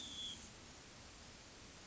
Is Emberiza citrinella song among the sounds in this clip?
no